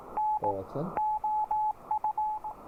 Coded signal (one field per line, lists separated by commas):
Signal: Morse code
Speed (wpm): 18 wpm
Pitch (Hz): 860 Hz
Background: radio noise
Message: N OU